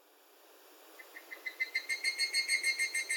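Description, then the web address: Bird calling: a series of clear whistled notes that begins softly and swells, speeding into a steady rapid run. "yacho koe"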